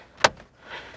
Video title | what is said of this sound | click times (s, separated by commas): ASTRA J 2014 (Sub re-installed) | into place once you hear that satisfying clicking noise you know you've done a good job | 0.2 s